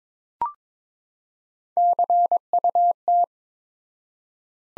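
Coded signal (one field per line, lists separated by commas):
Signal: Morse code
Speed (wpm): 21 wpm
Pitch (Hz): 700 Hz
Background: none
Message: CUT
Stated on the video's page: Morse practice sentences from the top 300 words at 22 wpm with 4x word spacing, a Farnsworth-like method applied to words.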